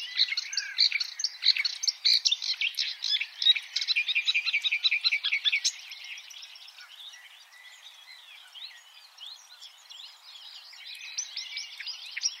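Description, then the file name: Marsh warbler song, hurried scratchy chattering notes for about six seconds, then a quieter, scattered warble of varied twitters. "suara-kicauan-burung-marsh-warbler -omkicau"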